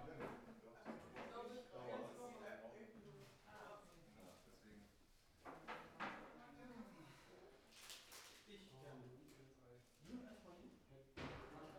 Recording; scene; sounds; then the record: everyday scene through a hearing-aid microphone; many people talking; many voices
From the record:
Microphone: behind the ear, right, front